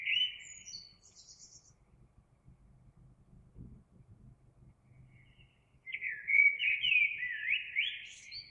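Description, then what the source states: Eurasian blackbird song: a fluty phrase with high twitter, a pause with faint low rumble, then a loud rich warbled phrase. Recorded 26 April 2022.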